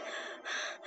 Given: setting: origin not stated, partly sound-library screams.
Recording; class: one-second piece from a danger detection set; woman in danger